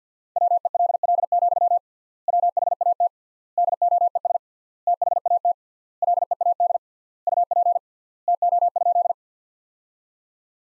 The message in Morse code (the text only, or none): WELL, WHAT DOES THAT LEAD UP TO?